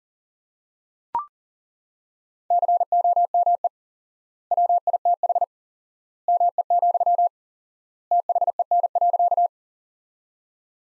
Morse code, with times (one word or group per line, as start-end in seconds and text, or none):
2.5-3.7 COME
4.5-5.4 WITH
6.3-7.3 ME,
8.1-9.5 THEN.